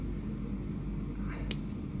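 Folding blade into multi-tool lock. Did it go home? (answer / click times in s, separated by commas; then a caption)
yes / 1.5 s. A blade on a metal GOAT multi-tool is opened carefully so that no other tool pops open, over a steady low background hum. The blade snaps into its locked position with one sharp click at 1.5 s, and it ends up fairly well locked.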